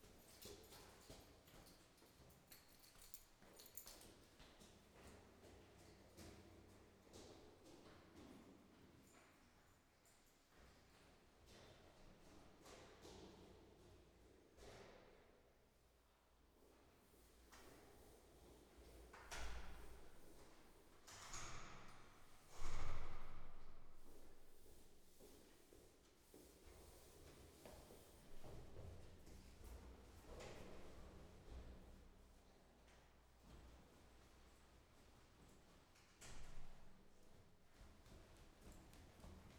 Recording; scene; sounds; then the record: everyday scene through a hearing-aid microphone; reverberant space; background noise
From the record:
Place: staircase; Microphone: behind the ear, right, front